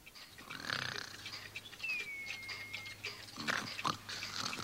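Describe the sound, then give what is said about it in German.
Raspy, throaty snoring snorts alternate with a thin, steady whistle on the exhale, repeating in a slow, sleepy rhythm over a low hum, with no one talking. “Was schnarcht einer?”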